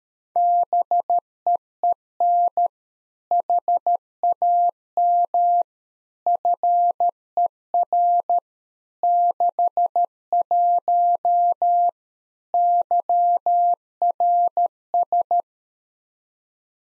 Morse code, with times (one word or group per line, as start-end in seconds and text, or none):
0.4-2.7 BEEN
3.3-5.6 HAM
6.3-8.4 FER
9.0-11.9 61
12.5-15.4 YRS